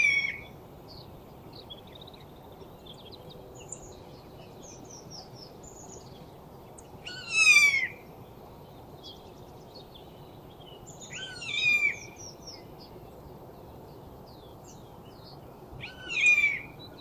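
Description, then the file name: Eurasian jay giving a few loud, harsh descending calls over faint high chirps from other small birds. "Garrulus glandarius"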